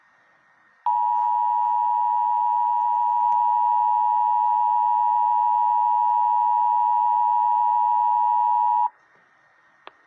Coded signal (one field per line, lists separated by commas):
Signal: Emergency Alert System (SAME) tones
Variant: 853 and 960 Hz attention tone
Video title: EAS 716 SMW NWS BOSTON